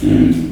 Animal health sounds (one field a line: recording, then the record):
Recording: squeal of a Yucatan mini pig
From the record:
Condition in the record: after surgery on the right vocal fold (resection and tissue-engineered implant)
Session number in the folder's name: 1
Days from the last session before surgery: 13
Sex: female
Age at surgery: 19 weeks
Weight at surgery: 25 kg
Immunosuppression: prednisolone